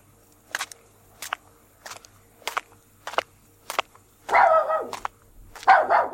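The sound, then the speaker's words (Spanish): A dachshund, out with a woman on a bridge, barks in a steady series of six short, sharp yaps, followed by two louder, drawn-out barks that sound more strained and urgent. “Una mujer con un perro salchicha por el puente del cachorro.”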